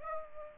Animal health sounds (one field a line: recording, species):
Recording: mosquito wingbeat signal from an infrared sensor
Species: Aedes aegypti